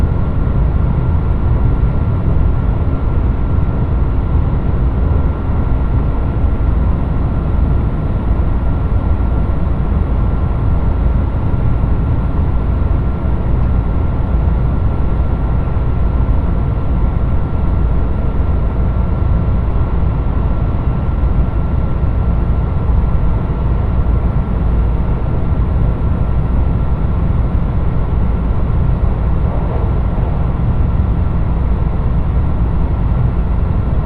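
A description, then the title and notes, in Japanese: A diesel limited express train on the Yosan Line, heard as a steady, heavy engine rumble that fills the low end without letup for the whole stretch. A faint steady whine sits above it, and a brief rising tone appears near the thirty-second mark. 予讃線特急宇和海5号 松山→伊予大洲。伊予市から西は非電化区間なのでディーゼル特急となります。TSE2000系の特急宇和海5号は2両編成。窓側座席をキープしました。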